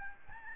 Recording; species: mosquito wingbeat signal from an infrared sensor; Aedes albopictus